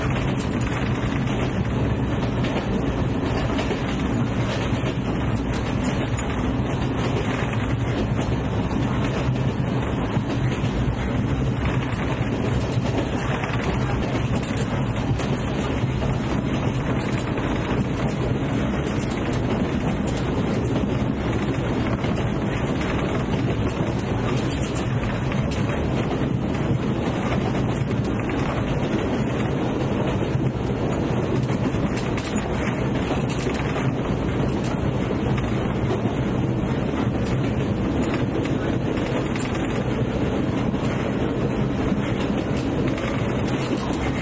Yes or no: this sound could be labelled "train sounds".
yes